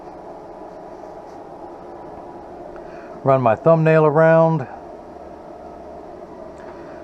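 A cut plastic prescription lens is positioned in the rim of an O Six #497 Scarlett Red cat-eye reading glasses frame: a thumbnail runs around the frame rim and the lens is tucked in at the outside corner. Someone talks from about 3.3 to 4.6 s over a steady low background hum, with a faint tick at 2.8 s. The lens has not snapped in yet.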